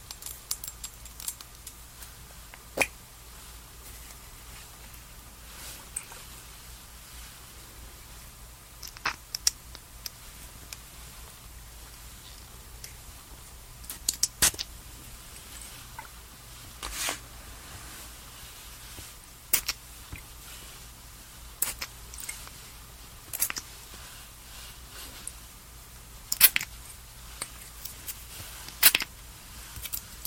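Skincare and makeup sounds: sharp little clicks and taps of caps, compacts and containers, arriving every few seconds over a quiet, steady low hum. The clicks cluster in short bursts around the middle and near the end, with faint rustling between them.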